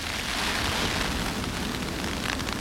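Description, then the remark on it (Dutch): Hail from a winter shower pelts an umbrella in a dense, steady rattle, countless tiny hard taps merging into a loud crackling hiss that holds for a few seconds without pause. “Ja, dus het is toch een winterse bui. Dus nee, we hagel in de paraplu.”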